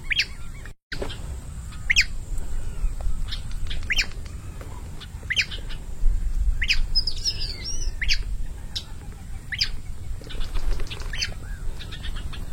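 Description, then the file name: Many-colored rush tyrant giving short, sharp chipping notes every second or two, a twittering phrase midway, over a constant thin high hum and low background noise. "Canto do papa piri"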